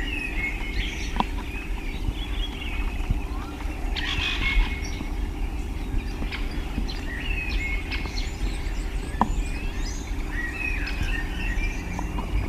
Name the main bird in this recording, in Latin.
Parus major